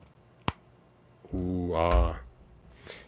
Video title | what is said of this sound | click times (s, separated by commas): He-Man is that you? You're looking a little blue? New Eternia Faker Masters of the Universe | but I can't believe that Stan just fits right in there listen to that nice snap sound oh | 0.5 s